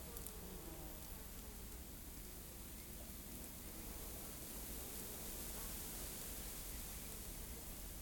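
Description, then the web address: Insects sizzling faintly beneath a dense, even high hiss that runs through the whole stretch, with a soft low wind rumble underneath. Dry wheat field in rural countryside, insects sizzling, soft wind. "Systematic Sound - General Ambience Series - Rural Countryside 01 Field Wheat Dry Sizzle Insects Wind Soft"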